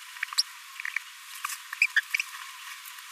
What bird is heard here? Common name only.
Green-rumped Parrotlet